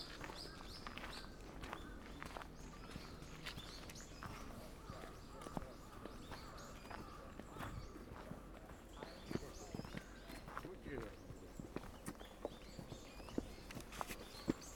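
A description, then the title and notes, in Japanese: Footsteps crunch steadily along a gravel approach path, with dense scraping textures, faint voices, and sharp clicks around the final seconds. 玉砂利の参道を歩く。明治神宮を歩きました。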